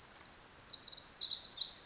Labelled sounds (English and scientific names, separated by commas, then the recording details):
Pacific Wren (Troglodytes pacificus)
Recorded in Sonoma County, California